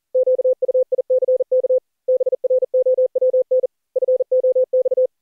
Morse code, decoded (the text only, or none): QUICK BROWN FOX